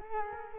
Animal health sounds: mosquito wingbeat signal from an infrared sensor; Culex quinquefasciatus

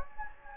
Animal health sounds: mosquito wingbeat signal from an infrared sensor; Anopheles gambiae

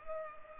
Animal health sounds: mosquito wingbeat signal from an infrared sensor; Culex pipiens

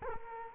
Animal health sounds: mosquito wingbeat signal from an infrared sensor; Culex quinquefasciatus

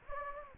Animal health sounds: mosquito wingbeat signal from an infrared sensor; Anopheles gambiae

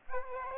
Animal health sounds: mosquito wingbeat signal from an infrared sensor; Aedes aegypti

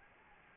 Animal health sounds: mosquito wingbeat signal from an infrared sensor; Anopheles gambiae

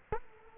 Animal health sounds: mosquito wingbeat signal from an infrared sensor; Culex quinquefasciatus

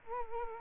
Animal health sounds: mosquito wingbeat signal from an infrared sensor; Culex quinquefasciatus

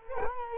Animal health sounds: mosquito wingbeat signal from an infrared sensor; Culex quinquefasciatus

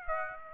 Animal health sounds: mosquito wingbeat signal from an infrared sensor; Aedes aegypti

